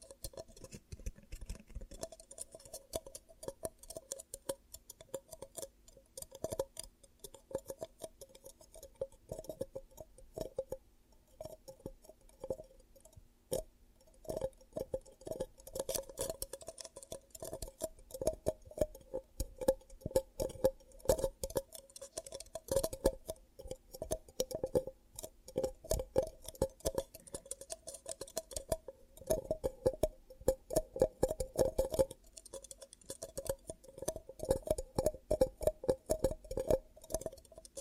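Ear cupping sounds: dense, rapid tapping and rustling clicks packed throughout, with a hollow, muffled tone running underneath. Bursts come in quick irregular flurries, growing busier and louder around the middle and later, with brief thinner stretches near the start and around eleven seconds.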